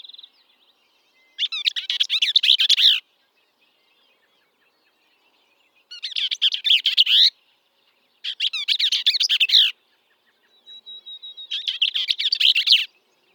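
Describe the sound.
Bell's vireo repeating rapid, harsh, tumbling chatter phrases four times, with a faint thin high whistle between them.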